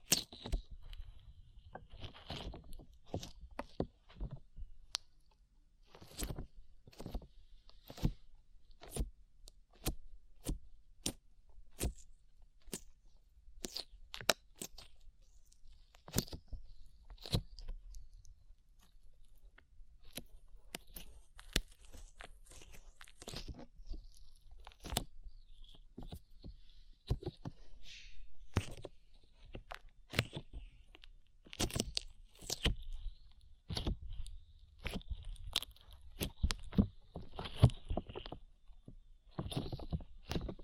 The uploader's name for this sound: ASMR SLIME